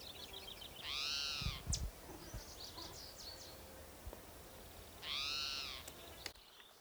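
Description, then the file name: Spotted Towhee giving two harsh arched cries a few seconds apart, with short high trills between them and a low thump in the background. Spotted Towhee number 7 giving cries, 27 Jun 2006, Slate Mountain Trail at Gibson Jack Creek, Bannock County, Idaho. "Cicero 27 Jun 2006 Pmaculatus 7"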